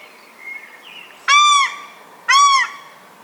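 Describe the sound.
Paradise shelduck giving two loud, arched honking calls about a second apart.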